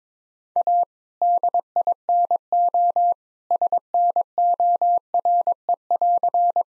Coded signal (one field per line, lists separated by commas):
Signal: Morse code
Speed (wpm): 22 wpm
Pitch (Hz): 700 Hz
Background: none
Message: A DINO SNORE<AR>